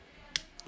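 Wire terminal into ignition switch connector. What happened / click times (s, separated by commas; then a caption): Wire terminal clicks into connector / 0.4 s. The brown wire's terminal is pushed, tab facing up, into the ignition switch connector on a 1975 BMW 5 Series whose ignition switch was replaced. A sharp click sounds at 0.4 s, followed by a fainter tick at 0.6 s over low background noise. The terminal is confirmed seated in the connector.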